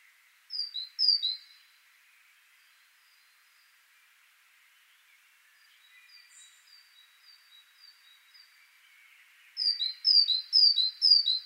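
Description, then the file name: Great tit delivering two high-low whistled phrases, a stretch of faint, softer high notes, then a renewed burst of several loud two-note phrases. "Parus major"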